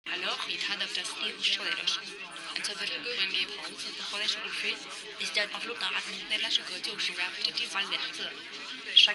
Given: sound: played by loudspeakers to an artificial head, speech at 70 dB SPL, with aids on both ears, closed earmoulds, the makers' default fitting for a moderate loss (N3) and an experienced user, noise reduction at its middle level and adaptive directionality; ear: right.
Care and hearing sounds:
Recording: speech test signal (ISTS) in cocktail-party noise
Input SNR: -3 dB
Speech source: on the right (90 degrees)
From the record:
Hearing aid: class 2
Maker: B

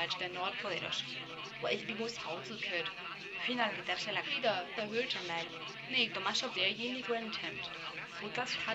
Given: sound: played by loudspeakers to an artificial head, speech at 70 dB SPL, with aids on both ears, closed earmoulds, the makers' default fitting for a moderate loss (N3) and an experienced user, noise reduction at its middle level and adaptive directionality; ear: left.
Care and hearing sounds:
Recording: speech test signal (ISTS) in cocktail-party noise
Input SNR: +3 dB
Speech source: in front (0 degrees)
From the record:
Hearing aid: class 1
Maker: F

